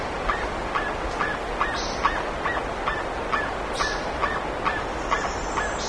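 Bird calls: brief honking notes repeated roughly twice a second, with faint high squeaks now and then over continuous hiss.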